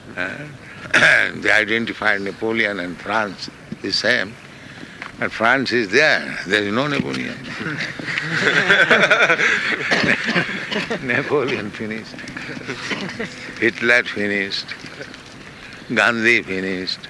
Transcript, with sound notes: And they identify Napoleon and France, the same. But France is there; there is no Napoleon. [laughter] Napoleon finished, Hitler finished, Gandhi finished.